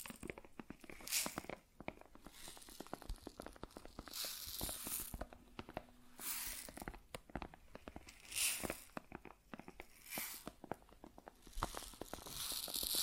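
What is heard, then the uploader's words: Grain sounds: dense, irregular crackles and rustling crunches, with brighter bursts of pouring or shaking around 1, 5, 8.5, 10 and 13 seconds. ASMR Grain Sounds (No Talking).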